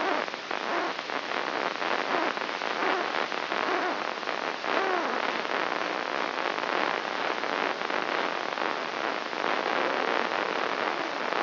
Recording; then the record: brain microelectrode recording played as sound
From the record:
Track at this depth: outside the subthalamic nucleus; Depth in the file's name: 7.06 mm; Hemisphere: left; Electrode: 3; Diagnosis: Parkinson's disease